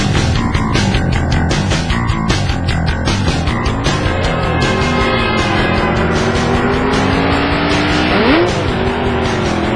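A borrowed motorcycle's engine roars steadily and loudly as it races at full speed toward a wedding venue, its whining pitch climbing and dipping through gear changes as it accelerates hard, with no voices.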